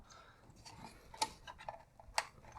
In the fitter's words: and that and that little tap should kind of click right in so you're good to go